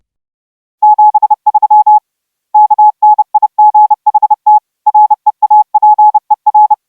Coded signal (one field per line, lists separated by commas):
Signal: Morse code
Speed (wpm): 30 wpm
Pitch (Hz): 850 Hz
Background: none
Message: 73 KNIGHT REAPER